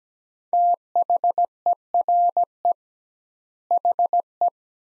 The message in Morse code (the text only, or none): THERE HE